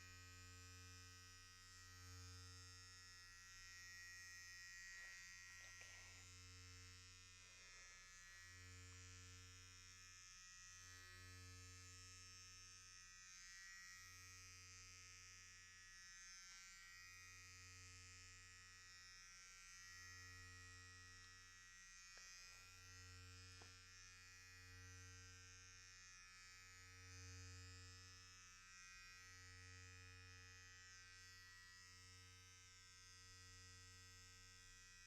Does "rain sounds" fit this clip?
no